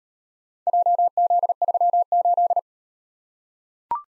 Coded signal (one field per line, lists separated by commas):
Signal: Morse code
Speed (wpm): 38 wpm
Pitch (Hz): 700 Hz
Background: none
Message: JZ38